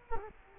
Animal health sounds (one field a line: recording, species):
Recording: mosquito wingbeat signal from an infrared sensor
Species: Culex quinquefasciatus